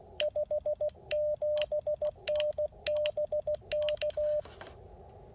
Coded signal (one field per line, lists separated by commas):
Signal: Morse code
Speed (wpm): 16 wpm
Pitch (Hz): 590 Hz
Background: none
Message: 57N BK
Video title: POTA Activation: Second Creek Game Land with the Icom IC-705 and CHA MPAS 2.0